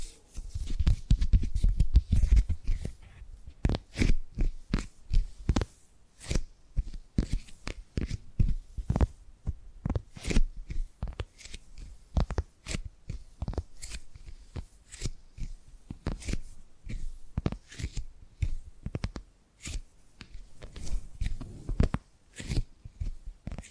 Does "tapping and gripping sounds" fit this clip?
yes